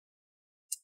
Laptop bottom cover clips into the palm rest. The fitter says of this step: and push down the corners right there and make sure you he those nice big click sounds on the back